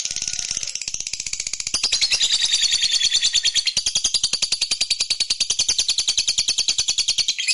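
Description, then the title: Lovebird chatter: rapid, high, scratchy chirps run together in a fast, steady stream, growing louder after the second second and continuing without pause. "Suara Lovebird"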